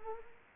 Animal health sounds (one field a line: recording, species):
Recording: mosquito wingbeat signal from an infrared sensor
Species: Anopheles arabiensis